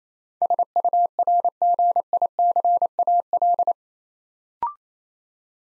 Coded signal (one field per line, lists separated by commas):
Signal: Morse code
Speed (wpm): 29 wpm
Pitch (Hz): 700 Hz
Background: none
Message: SURGICAL